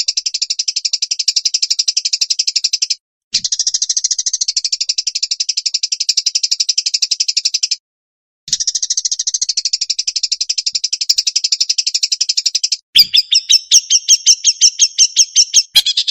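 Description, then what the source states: Long-tailed shrike song: long dense buzzy high trills broken by two short pauses, ending in a louder, slower series of sharp chattering notes. Varied fill-in phrases.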